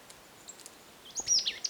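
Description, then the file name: Marsh tit call: a short burst of high, rapid chattering notes after a quiet start, with faint chips before it. "Poecile palustris"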